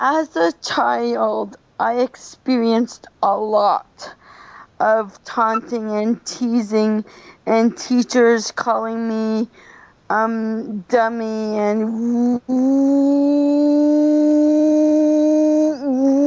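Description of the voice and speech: An adult woman who has stuttered since she began talking speaks slowly and evenly, stretching several sounds and pausing between phrases, and ends on one vowel held for over three seconds. These prolongations fit stuttering, with speech kept slow and words blended together as taught in speech therapy.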